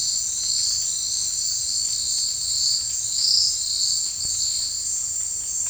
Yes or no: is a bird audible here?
no